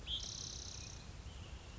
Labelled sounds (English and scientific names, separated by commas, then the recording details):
Spotted Towhee (Pipilo maculatus)
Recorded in Sonoma County, California